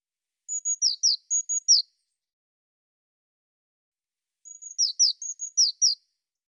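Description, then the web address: Eurasian blue tit calling: pairs of high, thin flat notes alternating with quick downslurred notes; two phrases about four seconds apart, otherwise silence. "cianscape birddata Deverinetal 2025 File cleaned normalized Bird Cy Ca"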